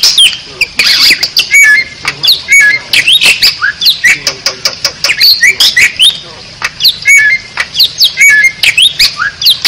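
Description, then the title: Bali myna singing a dense run of raspy squawks interleaved with quick whistled slurs and clicks, delivered almost without pause. Training recording (masteran) used to teach other songbirds for competition, featuring an unusual-sounding song. "Masteran Jalak Bali Yang BERSUARA UNIK Untuk Gacoran Juara"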